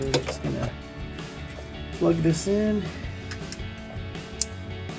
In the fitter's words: Snaps right in.